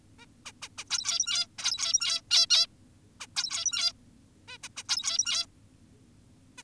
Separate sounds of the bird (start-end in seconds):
0.19-0.26, 0.46-0.52, 0.62-0.68, 0.78-0.84, 0.90-1.47, 1.59-2.22, 2.31-2.46, 2.50-2.67, 3.20-3.27, 3.36-3.93, 4.48-4.58, 4.63-4.68, 4.77-4.84, 4.89-5.46, 6.58-6.63